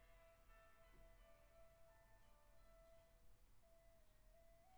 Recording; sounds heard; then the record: poultry house recording; no chicken sound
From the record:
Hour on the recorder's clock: 10